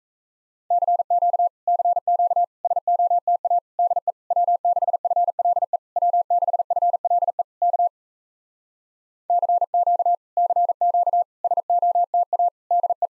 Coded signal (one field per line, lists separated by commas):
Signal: Morse code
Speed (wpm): 38 wpm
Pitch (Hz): 700 Hz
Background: none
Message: CQ CQ SOTA DE W6FLE W6FLE K CQ CQ SOTA DE